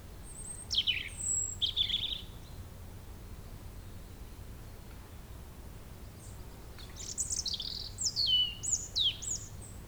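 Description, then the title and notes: European robin song, high thin whistles and tinkling sliding notes in two bursts separated by a quiet gap, with a low background hum. Sung at sunset on the shore of Lac du Bourget near Brison-Saint-Innocent, France, with calm restored because the nearby road was closed to traffic. "Près de la Chapelle de Brison-Saint-Innocent la RD 991 étant coupée à la circulation le calme est revenu sur les bords du lac du Bourget. Chant de rouge-gorge au soleil couchant."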